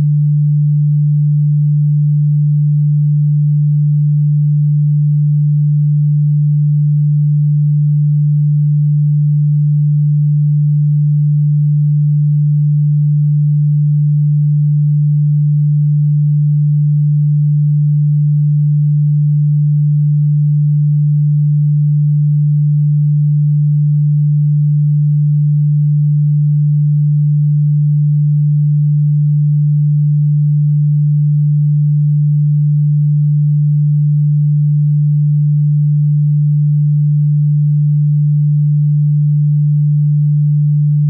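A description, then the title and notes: A pure 147.85 Hz tone holds perfectly steady for the full forty-one seconds, a low, smooth hum with no other sounds. FREQUENCY OF SATURN - 147.85 Hz PURE TONE.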